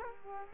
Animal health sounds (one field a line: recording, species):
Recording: mosquito wingbeat signal from an infrared sensor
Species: Culex quinquefasciatus